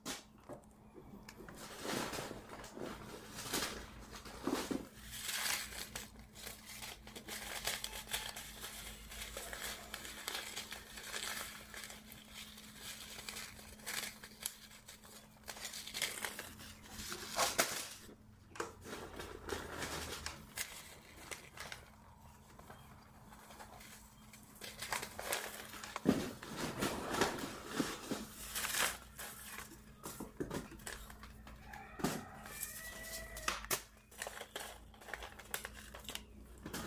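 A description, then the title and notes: Seed packets are shuffled and sorted with continual crinkling and rattling, sharp rustles bunching up near 18 and 26 seconds, over a steady low hum. Sorting Seed packets. Sorting packets of seeds.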